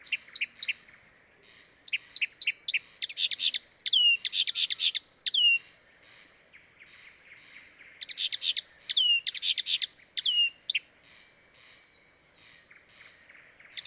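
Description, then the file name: Blyth's reed warbler in two lively song bouts of fast repeated notes and falling whistles, separated by a quiet pause with soft chips. Dviete. "dviete acrocephalus dumetorum"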